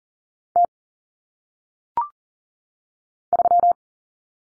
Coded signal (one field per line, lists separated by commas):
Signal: Morse code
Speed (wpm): 40 wpm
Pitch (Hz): 700 Hz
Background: none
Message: T 3